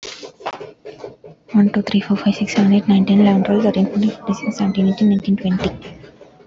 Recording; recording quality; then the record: counting at a fast pace; excellent, no background noise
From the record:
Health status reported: healthy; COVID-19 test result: negative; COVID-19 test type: RT-PCR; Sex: female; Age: 22 years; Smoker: no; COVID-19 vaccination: both doses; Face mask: worn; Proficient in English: yes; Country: India